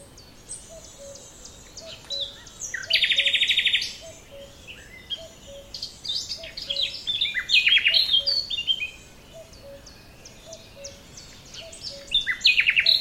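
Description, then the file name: Common nightingale song: varied phrases of sharp chirps, a loud rapid rattle near three seconds and fast trilled bursts later, over a soft low note repeated steadily throughout. "Luscinia megarhynchos"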